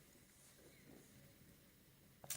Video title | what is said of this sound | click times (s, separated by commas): Enraf Nonius 811 review | once you do it clips into place and the same for the foot plate | 2.3 s